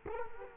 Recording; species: mosquito wingbeat signal from an infrared sensor; Culex quinquefasciatus